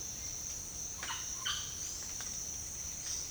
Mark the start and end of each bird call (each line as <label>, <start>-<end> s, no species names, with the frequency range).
bird call (0.5-5.1 kHz), 0.86-1.75 s